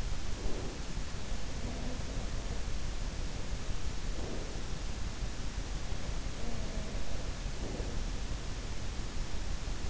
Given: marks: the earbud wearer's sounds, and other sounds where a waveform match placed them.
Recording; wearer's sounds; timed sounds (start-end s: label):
sounds in sleep by an in-ear microphone; breath
0.00-2.91 s: breath
6.17-8.69 s: breath